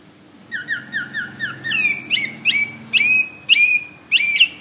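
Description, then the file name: Hwamei song, a short series of quick down-slurred whistles followed by louder rising-then-level whistled notes repeated at a steady pace, over soft low background rumble. "omkicau hwamey"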